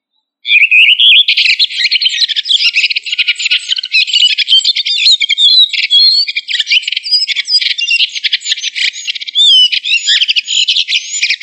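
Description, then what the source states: Thrush singing a long, dense, unbroken stream of quick chattering and whistled phrases, fast and varied throughout, with no other sounds. Turdidae family; local name sabiá.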